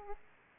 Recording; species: mosquito wingbeat signal from an infrared sensor; Aedes aegypti